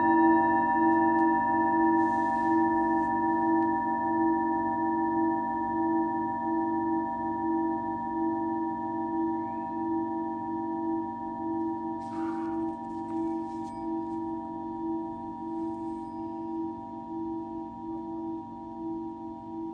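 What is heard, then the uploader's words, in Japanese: A singing bowl hums with steady, layered ringing tones that slowly fade, with brief soft knocks around two and twelve seconds. 日曜の朝のメキシコより シンギングボウルのサウンドヒーリング。3000年の歴史のあるチベタンシンギングボウル。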